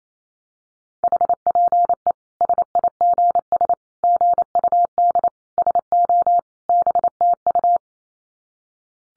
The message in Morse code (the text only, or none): HPE SIGS GUD SO BTU